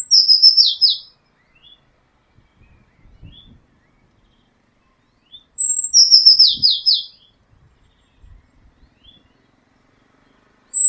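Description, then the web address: Eurasian blue tit phrase of one high thin note and a rapid run of descending notes, repeated about five seconds apart, with faint low rustling between. "cianscape birddata Deverinetal 2025 File origin Bird Only Cy Ca"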